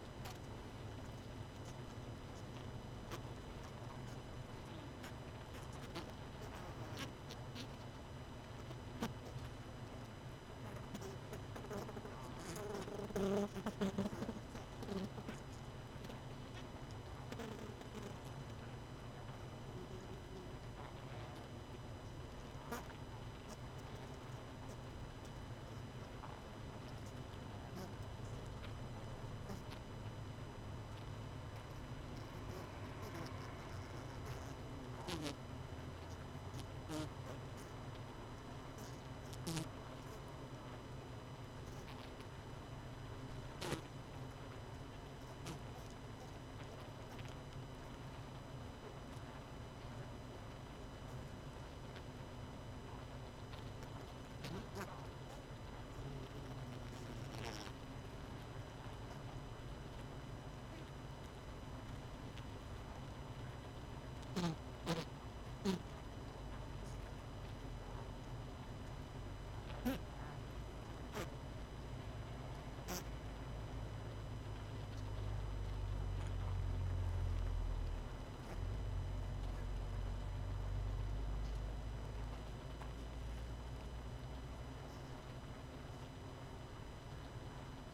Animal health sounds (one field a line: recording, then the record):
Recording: honeybee colony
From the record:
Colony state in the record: missing queen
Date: 31 May 2018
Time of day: 19:33